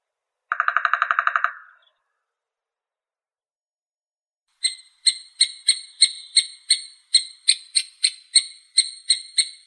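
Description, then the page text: Three-toed woodpecker calls: a brief buzzy rattle first, then a steady run of short sharp kip notes about three per second. "Дятел трёхпалый (Picoides tridactylus)"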